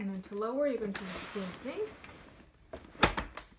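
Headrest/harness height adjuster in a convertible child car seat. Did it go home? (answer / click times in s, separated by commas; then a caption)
yes / 3.0 s. Someone talks while the headrest/harness height adjuster of a convertible child car seat is lowered by squeezing its lever and moving it down, then released. Quiet knocks lead into a sharp click at 3.0 s as it seats in a lower notch, followed by a softer tap. The headrest is locked in the lower position.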